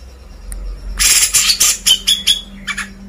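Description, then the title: Grey-cheeked bulbul giving a short burst of rapid, harsh chattering notes after a quiet start. Masteran recording, used for training cage birds. "MASTERAN CUCAK JENGGOT"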